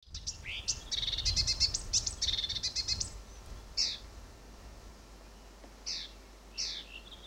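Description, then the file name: Marsh warbler singing a dense three-second burst of scratchy chirps and quick trills, followed by a few isolated sharp notes with quiet pauses between them. Recorded at Fylingen. "myrsanger Fylingen Hjelmaas"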